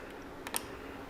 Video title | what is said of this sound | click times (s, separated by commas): Ciro FANG Lower Fairing LED Lights FULL INSTALL | hear that click make sure it's connected all the way | 0.5 s, 0.6 s